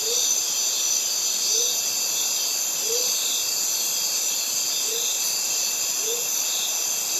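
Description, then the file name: Cicadas buzz continuously in a shrill chorus while a short, low hoot comes five times at uneven intervals. Cicadas recorded together with birds in a Mediterranean forest. "Cicadas and Birds in mediterranean forest"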